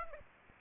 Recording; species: mosquito wingbeat signal from an infrared sensor; Aedes aegypti